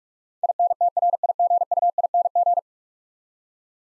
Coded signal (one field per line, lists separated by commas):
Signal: Morse code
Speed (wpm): 47 wpm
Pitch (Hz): 700 Hz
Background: none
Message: INTRIGUING